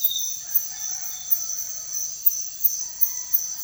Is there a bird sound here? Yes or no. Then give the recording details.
no. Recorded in secondary vegetation near Puerto Asís, Putumayo, Colombia, on 23 June 2025 at 05:30. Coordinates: 0.498, -76.327. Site GP09